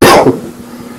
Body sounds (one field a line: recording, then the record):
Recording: coughing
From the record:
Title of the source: Coughing 77